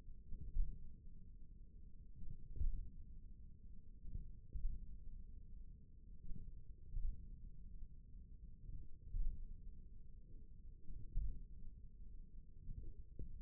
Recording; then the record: forearm muscle sounds (acoustic myography)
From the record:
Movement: tripod grip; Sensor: system 1, eight BSWA MPA416 microphones around the upper forearm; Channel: 1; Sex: male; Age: 41 years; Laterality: right